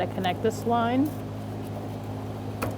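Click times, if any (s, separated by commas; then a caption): 2.6 s. A plastic quick-connect fuel line is pressed onto its fitting on the fuel pump module of a 2000-2007 Ford Taurus 3.0L V6 while someone talks over a steady low hum. A single sharp click at 2.6 s shows the connector seating in place.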